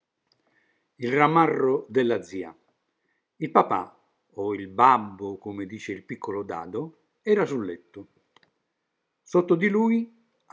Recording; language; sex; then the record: read passage; Italian; male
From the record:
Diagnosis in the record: healthy control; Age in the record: 76 years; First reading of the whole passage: 56 s, 9.2 characters per second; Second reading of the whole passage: 53 s, 9.7 characters per second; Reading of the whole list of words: 49 s, 5.7 characters per second